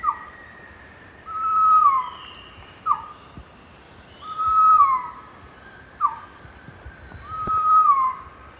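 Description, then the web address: Pavonine Quetzal song: a short clipped note, then a long, mellow whistle that holds steady and slurs down at the end, repeated about every three seconds, three phrases. Song recorded in the eastern lowlands of South America. "Natures Songs S America Eastern Lowlands Pharomachrus pavoninus, song"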